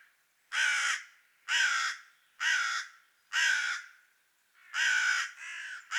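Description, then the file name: Carrion crow uttering a series of several harsh, hoarse caws, roughly one per second. "Corvus corone"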